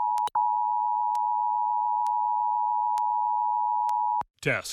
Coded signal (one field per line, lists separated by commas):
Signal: Emergency Alert System (SAME) tones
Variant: 853 and 960 Hz attention tone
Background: speech